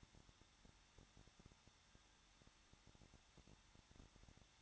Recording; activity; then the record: daily activity, microphone in the room; no activity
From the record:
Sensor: 3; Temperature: 21.2 degrees Celsius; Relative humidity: 36.3%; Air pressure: 1006.3 hPa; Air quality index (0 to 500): 223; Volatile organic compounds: 42 ppm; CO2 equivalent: 3179 ppm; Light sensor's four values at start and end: 2/3/2/2 and 2/3/2/2